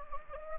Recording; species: mosquito wingbeat signal from an infrared sensor; Anopheles gambiae